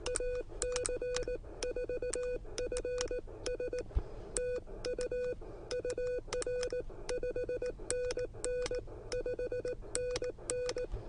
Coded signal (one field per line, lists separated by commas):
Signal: Morse code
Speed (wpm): 19 wpm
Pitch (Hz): 2500 Hz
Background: none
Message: AC4FS TU UR 5NN 5NN